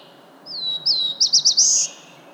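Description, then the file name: Black-throated blue warbler song with a descending whistle, then a short run of bouncy notes and a final buzzy, rising note, all heard against a quiet background. "Black-throated Blue Warbler - Setophaga caerulescens"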